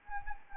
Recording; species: mosquito wingbeat signal from an infrared sensor; Anopheles arabiensis